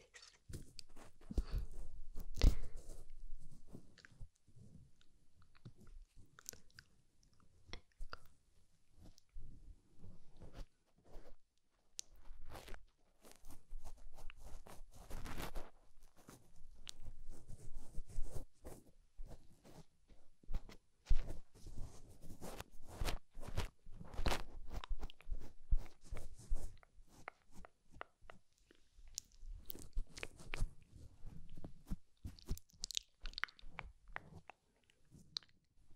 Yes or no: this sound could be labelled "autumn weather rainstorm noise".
no